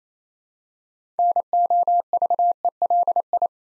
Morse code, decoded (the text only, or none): NOVELI